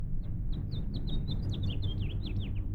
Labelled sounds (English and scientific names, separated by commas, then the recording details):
House Finch (Haemorhous mexicanus) song
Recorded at Woodmere on Long Island, New York, on 11 June 1975
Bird E